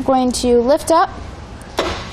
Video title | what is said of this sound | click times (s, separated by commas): etrailer - Is the Kuat NV 2.0 Bike Rack for 2 Bikes Compatible with the 2016 Mitsubishi Outlander? | our rack locks into place. | 1.8 s